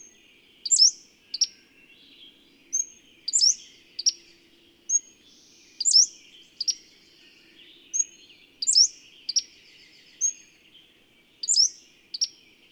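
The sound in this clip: Bird song: a phrase of a sharp descending chirp, a short sharp note and a brief whistle, repeated several times over a quiet hum.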